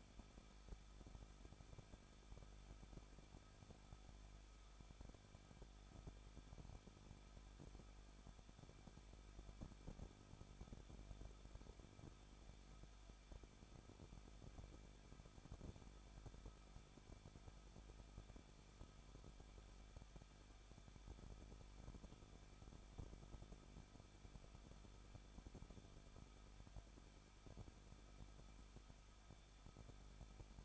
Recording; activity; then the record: daily activity, microphone in the room; no activity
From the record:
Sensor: 5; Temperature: 20.8 degrees Celsius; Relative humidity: 38.3%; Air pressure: 1006.6 hPa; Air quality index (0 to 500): 186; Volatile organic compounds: 18 ppm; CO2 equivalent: 2609 ppm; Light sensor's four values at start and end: 2/3/1/1 and 2/3/1/1